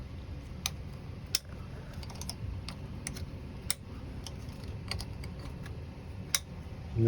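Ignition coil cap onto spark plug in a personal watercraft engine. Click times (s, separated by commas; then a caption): 0.7 s, 1.4 s, 3.7 s, 6.4 s. Ignition coil caps of rubber and plastic are pushed back one by one onto newly tightened spark plugs in the engine of a 2017 Yamaha VX Cruiser personal watercraft. Sharp clicks at 0.7, 1.4, 3.7 and 6.3 seconds stand out over a steady low rumble, with fainter ticks in between. Each cap seats in place.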